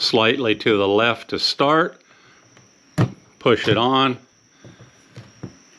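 Someone talks while handling the last filter cartridge of a SimPure 5-stage T1-400UV RO water filtration system with built-in booster pump, starting it slightly to the left with the label facing front and pushing it onto the manifold. Short handling knocks are heard around 3.0 s and 5.4 s. Nothing has seated or clicked yet.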